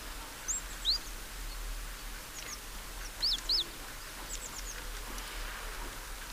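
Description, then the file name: Great tit giving a short pair of high, down-slurred notes midway, among scattered thin chirps and whistles. "Parus major"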